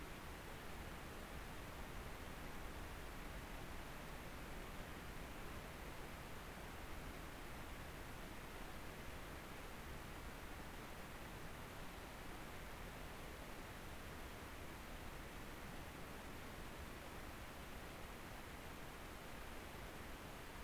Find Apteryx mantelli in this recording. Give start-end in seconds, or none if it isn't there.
none